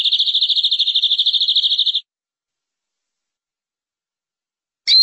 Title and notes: BM Suara Burung Kenari